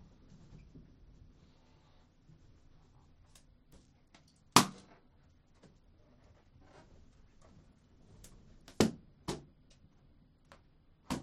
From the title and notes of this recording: The blind spot radio program filled the on-air studio with as many balloons as …, … and I could blow up (which happened to be 1,190) and then entered the room and popped them one at a time with a needle taped to a stick.